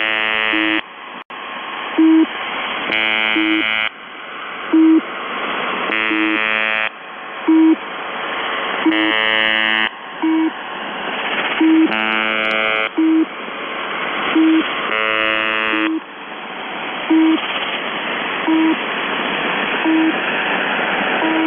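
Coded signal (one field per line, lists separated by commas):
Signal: channel marker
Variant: UVB-76 (The Buzzer)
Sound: repeated harsh one-second buzzes interleaved with short low beeps, over shortwave noise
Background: radio static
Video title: The Buzzer/UVB-76(4625Khz) January 4, 2022 channel marker transition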